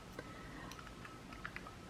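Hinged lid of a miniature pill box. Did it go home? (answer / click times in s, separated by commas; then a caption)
no / none. The hinged lid of a small vintage metal pill box or trinket box is handled as it is being closed, giving a few light, sharp ticks near 0.2, 0.7, 1.1, 1.5 and 1.6 seconds over a steady low hum. The lid has not yet snapped shut; nothing has seated or clicked yet.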